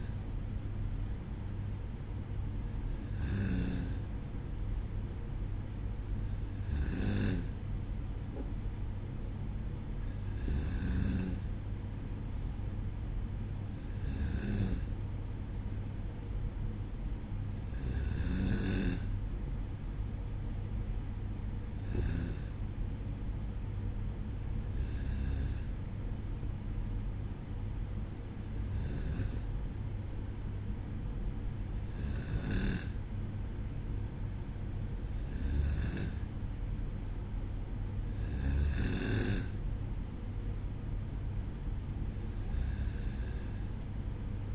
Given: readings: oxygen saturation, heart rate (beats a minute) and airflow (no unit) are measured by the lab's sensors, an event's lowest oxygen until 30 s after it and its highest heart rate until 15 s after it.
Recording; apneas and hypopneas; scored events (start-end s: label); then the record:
breathing in sleep by a smartphone at the bedside; none
none scored
From the record:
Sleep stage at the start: N2 (light sleep); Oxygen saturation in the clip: 94%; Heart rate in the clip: 55 to 60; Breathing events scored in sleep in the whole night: 305 in 9.6 hours asleep